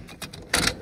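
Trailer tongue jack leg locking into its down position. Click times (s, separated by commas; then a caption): 0.5 s. Pulling the removable magnetic handles on the ARK XO 750 tongue jack of an Arkto Campers G12 trailer lets the metal jack leg swing down. Faint rattles come first, then a sharp metal clack at 0.5 s as the leg latches and locks in its down position.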